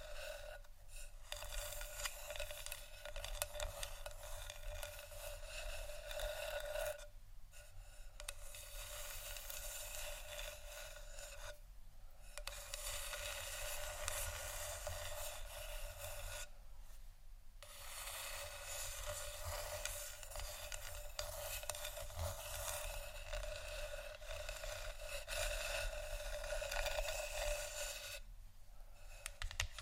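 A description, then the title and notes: Dense scratching and rasping on wood runs in long stretches of a few seconds each, broken by brief pauses around 7, 12, 17 and 28 seconds. The sound is bright and crackly, over a steady low hum. ASMR Wooden Triggers（No Talking）.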